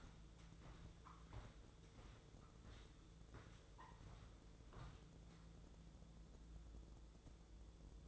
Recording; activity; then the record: daily activity, microphone in the room; walk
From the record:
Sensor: 3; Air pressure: 1005.5 hPa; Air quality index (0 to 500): 94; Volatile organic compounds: 3 ppm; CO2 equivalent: 1468 ppm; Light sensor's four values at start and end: 10/24/10/9 and 10/23/10/9